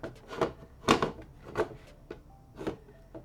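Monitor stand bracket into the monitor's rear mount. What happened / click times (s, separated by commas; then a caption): The stand bracket clicked onto the mount but did not fully seat / 0.9 s. A monitor stand bracket's hooks are angled inward into the rear mount of a Gigabyte M27QA monitor, with a click at 0.9 s among several other short knocks and clatters. The hooks catch but the stand is not fully home, because a lever still has to be pressed for it to go completely in.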